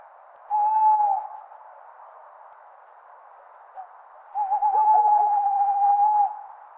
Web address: strix aluco call